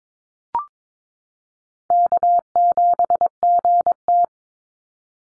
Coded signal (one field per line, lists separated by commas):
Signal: Morse code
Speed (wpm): 22 wpm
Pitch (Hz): 700 Hz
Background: none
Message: K7GT